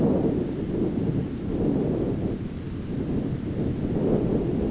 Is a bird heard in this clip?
no